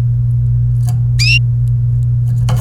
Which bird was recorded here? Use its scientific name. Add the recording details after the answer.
Serinus canaria. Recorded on 28 April 2018 at 12:48. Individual llb3